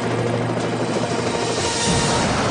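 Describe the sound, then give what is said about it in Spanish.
A US air rescue helicopter drones steadily overhead across hostile territory, its broad rotor roar filling the whole stretch at constant loudness, with a low rhythmic chop underneath and no voices. “Un helicóptero de rescate aéreo estadounidense sobrevuela territorio hostil.”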